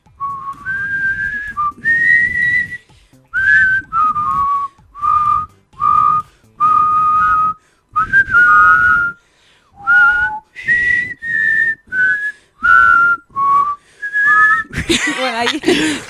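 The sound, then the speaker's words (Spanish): A national anthem whistled as a slow melody of sustained, clear notes rising and falling in short phrases with brief pauses, ending in a burst of noise. “Tenemos el himno silbado, hacemos.”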